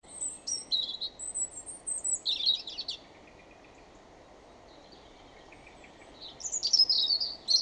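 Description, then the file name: European robin song: a high, wavering phrase of thin whistles and quick trills, a pause of about three seconds, then another shimmering phrase. "Erithacus rubecula"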